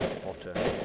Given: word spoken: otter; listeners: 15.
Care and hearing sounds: one English word in noise, from a listening test; noise modulated by three-talker babble; -5.9 dB; 2 of 15; 6 of 15; 0.45 s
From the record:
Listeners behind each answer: 6, 4, 3, 2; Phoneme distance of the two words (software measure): 7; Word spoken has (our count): 2 syllables, 3 phonemes, stress on syllable 1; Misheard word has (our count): 2 syllables, 4 phonemes, stress on syllable 1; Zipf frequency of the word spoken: 3.80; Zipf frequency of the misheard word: 4.15

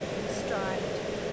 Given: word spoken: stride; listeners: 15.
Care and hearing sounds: one English word in noise, from a listening test; speech-shaped noise; -6.8 dB; 6 of 15; 9 of 15; 0.93 s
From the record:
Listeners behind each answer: 9, 6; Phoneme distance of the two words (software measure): 7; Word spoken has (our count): 1 syllable, 5 phonemes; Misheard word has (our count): 1 syllable, 6 phonemes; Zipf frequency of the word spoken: 3.86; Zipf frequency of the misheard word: 2.29

